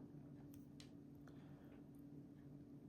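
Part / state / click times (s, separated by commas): ink cartridge into fountain pen section, pushed by screwing on barrel / not seated / none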